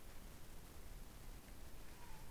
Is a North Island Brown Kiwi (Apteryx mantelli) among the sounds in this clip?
no